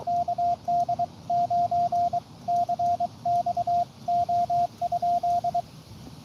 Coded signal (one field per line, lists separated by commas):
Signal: Morse code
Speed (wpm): 23 wpm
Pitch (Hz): 700 Hz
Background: radio noise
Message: KD9CXO?